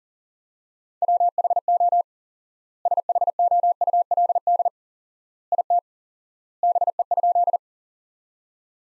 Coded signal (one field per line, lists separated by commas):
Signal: Morse code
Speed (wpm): 40 wpm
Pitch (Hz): 700 Hz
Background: none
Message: WHO SHOULD IT BE?